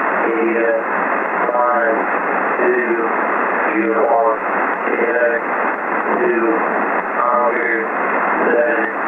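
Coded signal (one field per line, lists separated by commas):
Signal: coded military voice message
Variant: Emergency Action Message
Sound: a faint voice reading through heavy shortwave static, with a faint steady whistle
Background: radio static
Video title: Andrews AFB (Maryland, USA) - Emergency Action Message - 11175 khz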